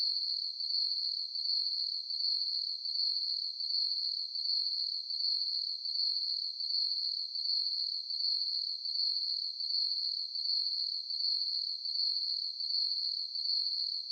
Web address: Animal, Crickets, Chirp, Ambience, Night, Insect, Bug